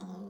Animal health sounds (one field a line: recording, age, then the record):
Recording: pig call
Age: piglet (1 to 25 days)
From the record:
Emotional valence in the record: negative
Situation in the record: long isolation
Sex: male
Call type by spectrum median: low-frequency call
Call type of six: low-frequency stable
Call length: 0.30 s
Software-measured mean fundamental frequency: 63 Hz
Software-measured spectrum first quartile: 192 Hz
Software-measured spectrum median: 274 Hz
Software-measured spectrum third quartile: 702 Hz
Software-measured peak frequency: 199 Hz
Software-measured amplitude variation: 99 dB a second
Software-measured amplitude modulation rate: 15.1 a second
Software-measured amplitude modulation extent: 6.6 dB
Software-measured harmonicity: 8.2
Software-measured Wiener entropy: -0.53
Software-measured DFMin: 1611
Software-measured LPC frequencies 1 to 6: 3632, 4605, 5948, 6907, 7905, 9463 Hz